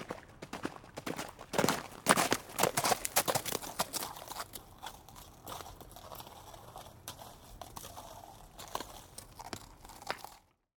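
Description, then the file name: Horse hoofbeats, loud and rapid at first, then thinning out and fading before an abrupt cut to silence. Horse galloping towards the listener; hoofbeats. "Blastwave FX Horse Gallop Towards"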